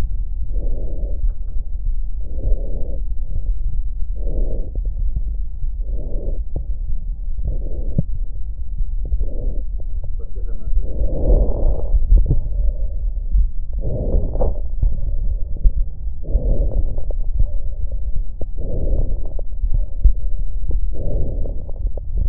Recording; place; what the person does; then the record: lung sounds by stethoscope; left posterior basal chest; quiet breathing, then deep breathing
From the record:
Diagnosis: interstitial lung disease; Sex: female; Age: 68 years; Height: 152 cm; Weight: 76 kg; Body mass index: 32.9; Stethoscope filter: extended mode